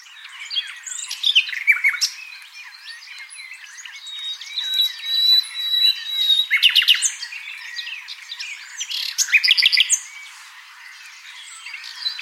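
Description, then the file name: Common nightingale in full song, mixing a long pure whistle, scratchy chatter and rapid stuttering note series in a continuous, varied stream. "Luscinia megarhynchos"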